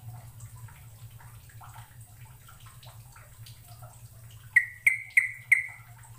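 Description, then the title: Bird chirps: soft scattered twitters at first, then four clear ringing notes in quick succession near the end over a low steady hum. "Kicau Burung"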